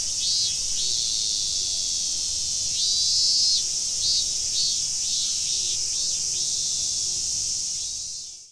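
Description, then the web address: Cicadas droning in a constant shrill buzz, with pulsed bursts, then the sound fades out quickly at the end. Several cicadas, recorded on 31 July 2015. "fukudai. cicadas 150731"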